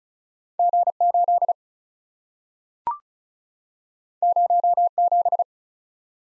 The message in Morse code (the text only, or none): G 8 0 7